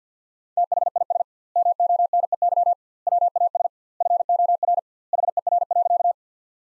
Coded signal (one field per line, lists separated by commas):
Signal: Morse code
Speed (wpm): 50 wpm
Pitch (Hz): 700 Hz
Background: none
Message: THIS MONEY WAS FOR HER.